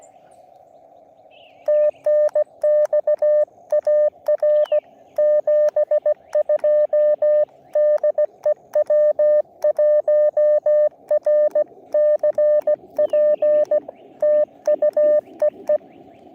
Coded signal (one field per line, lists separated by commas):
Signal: Morse code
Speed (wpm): 17 wpm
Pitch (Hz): 590 Hz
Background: radio noise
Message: TNX AR 72 DE W1RCP TU EE